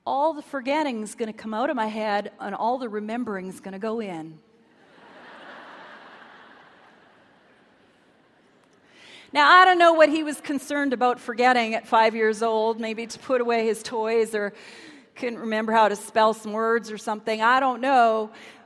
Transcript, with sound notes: all the forgetting’s going to come out of my head and all the remembering’s going to go in.” [laughter] Now, I don’t know what he was concerned about forgetting at five years old... maybe to put away his toys, or he couldn’t remember how to spell some words or something—I don’t know.